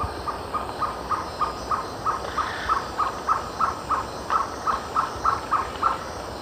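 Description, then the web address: Violaceous trogon song: a long series of short, even notes near one pitch, repeated about three times a second, with steady background hiss. Male; eastern lowlands of South America. "Natures Songs S America Eastern Lowlands Trogon violaceus, song male"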